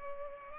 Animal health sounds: mosquito wingbeat signal from an infrared sensor; Culex pipiens

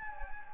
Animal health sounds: mosquito wingbeat signal from an infrared sensor; Anopheles gambiae

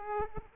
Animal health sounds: mosquito wingbeat signal from an infrared sensor; Aedes aegypti

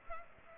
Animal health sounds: mosquito wingbeat signal from an infrared sensor; Culex pipiens

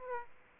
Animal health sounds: mosquito wingbeat signal from an infrared sensor; Aedes aegypti

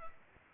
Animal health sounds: mosquito wingbeat signal from an infrared sensor; Culex pipiens

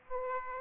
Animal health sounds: mosquito wingbeat signal from an infrared sensor; Aedes aegypti

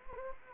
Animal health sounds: mosquito wingbeat signal from an infrared sensor; Anopheles gambiae

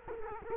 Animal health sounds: mosquito wingbeat signal from an infrared sensor; Culex quinquefasciatus

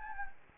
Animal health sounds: mosquito wingbeat signal from an infrared sensor; Anopheles gambiae

